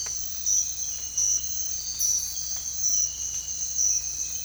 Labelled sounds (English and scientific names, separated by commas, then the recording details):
none
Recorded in dense forest near Puerto Asís, Putumayo, Colombia, on 22 December 2024 at 04:30
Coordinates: 0.468, -76.322
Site G071